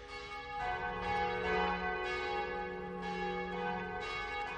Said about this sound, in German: Das sind übrigens die Glocken, Moment, die Weihnachtsglocken der Johanneskirche und der Marienkirche in Berlin. Die haben wir da zusammengemixt.